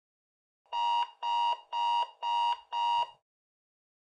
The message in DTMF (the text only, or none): none